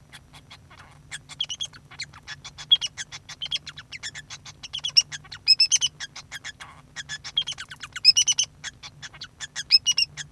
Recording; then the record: song of a male Bengalese finch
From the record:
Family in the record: son of father 2